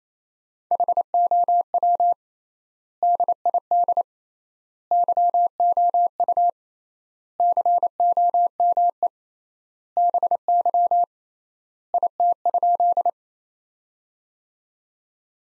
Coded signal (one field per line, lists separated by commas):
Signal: Morse code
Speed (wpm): 27 wpm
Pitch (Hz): 700 Hz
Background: none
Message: HOW DID YOU COME BY IT?